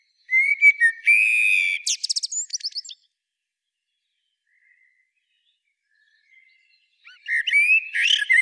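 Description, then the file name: Eurasian blackbird song: a fluted warble breaking into a rapid high chattering twitter, then several seconds of silence before the next phrase starts. "Turdus merula"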